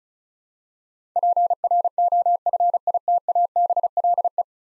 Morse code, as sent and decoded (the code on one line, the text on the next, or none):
.--. .-. --- ..-. .. - .- -... .-.. .
PROFITABLE